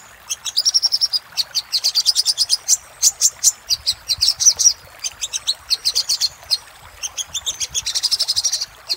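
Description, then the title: Little spiderhunter song, long runs of fast, high, piercing chips, some phrases quicker and trilled, broken by short gaps. Master recording used for training cage birds. "Masteran Burung Sogok Ontong Labaik"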